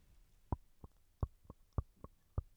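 Seven sharp, dull clicks sound in about two seconds, alternating stronger and softer, roughly one every third of a second, over a quiet room background. This is jaw-joint clicking from temporomandibular joint disorder in an adult woman, as the jaw bone clicks when the mouth opens wide and closes.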